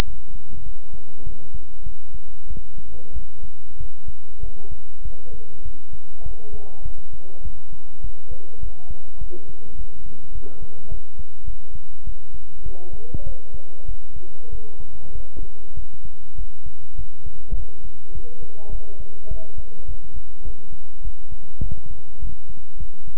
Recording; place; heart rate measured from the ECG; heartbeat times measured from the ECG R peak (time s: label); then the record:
heart sounds by stethoscope; between the tricuspid and mitral areas; 100 bpm
0.04 s: heartbeat
0.62 s: heartbeat
1.23 s: heartbeat
1.83 s: heartbeat
2.47 s: heartbeat
3.12 s: heartbeat
3.77 s: heartbeat
4.40 s: heartbeat
5.02 s: heartbeat
5.62 s: heartbeat
6.22 s: heartbeat
6.82 s: heartbeat
7.41 s: heartbeat
8.01 s: heartbeat
8.59 s: heartbeat
9.18 s: heartbeat
9.75 s: heartbeat
10.32 s: heartbeat
10.88 s: heartbeat
11.44 s: heartbeat
12.04 s: heartbeat
12.62 s: heartbeat
13.23 s: heartbeat
13.85 s: heartbeat
14.49 s: heartbeat
15.12 s: heartbeat
15.74 s: heartbeat
16.35 s: heartbeat
16.95 s: heartbeat
17.54 s: heartbeat
18.12 s: heartbeat
18.69 s: heartbeat
19.28 s: heartbeat
19.85 s: heartbeat
20.42 s: heartbeat
21.02 s: heartbeat
21.60 s: heartbeat
22.19 s: heartbeat
22.77 s: heartbeat
From the record:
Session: pedaling a stationary bicycle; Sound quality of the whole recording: good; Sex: male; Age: 24 years